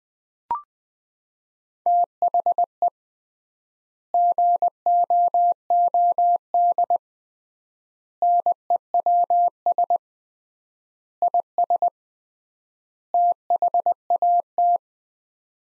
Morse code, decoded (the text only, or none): THE GOOD NEWS IS THAT